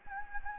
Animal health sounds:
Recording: mosquito wingbeat signal from an infrared sensor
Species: Anopheles gambiae

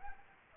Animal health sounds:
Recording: mosquito wingbeat signal from an infrared sensor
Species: Anopheles arabiensis

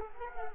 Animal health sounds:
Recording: mosquito wingbeat signal from an infrared sensor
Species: Culex quinquefasciatus

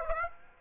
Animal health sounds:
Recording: mosquito wingbeat signal from an infrared sensor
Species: Aedes aegypti

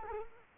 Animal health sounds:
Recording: mosquito wingbeat signal from an infrared sensor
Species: Culex quinquefasciatus

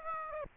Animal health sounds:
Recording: mosquito wingbeat signal from an infrared sensor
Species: Aedes aegypti

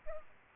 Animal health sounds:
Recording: mosquito wingbeat signal from an infrared sensor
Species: Culex pipiens

